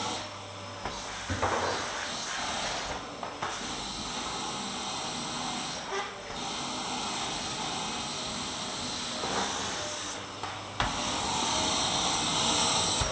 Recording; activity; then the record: daily activity, microphone in the room; vacuum cleaning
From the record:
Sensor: 3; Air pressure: 995.2 hPa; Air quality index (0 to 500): 68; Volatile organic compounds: 4 ppm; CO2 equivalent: 1538 ppm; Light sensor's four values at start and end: 18/53/22/19 and 14/41/17/15